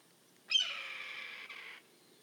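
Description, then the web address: Red-tailed hawk call: one harsh, rasping scream lasting just over a second, strong at onset, over a faint background hiss. "sound red-tailed-hawk. صدای-عقاب-دم-قرمز"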